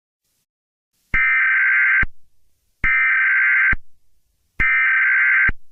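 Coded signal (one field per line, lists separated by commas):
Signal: Emergency Alert System (SAME) tones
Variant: header bursts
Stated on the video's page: Homemade fictional EAS broadcast made as analog horror.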